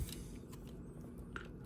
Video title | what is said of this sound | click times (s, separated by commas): Video Review: 52Toys BeastDrive - BD-07 SPACE SPRINGER | It should click in. What is something stopping me here? I'm not sure what. | none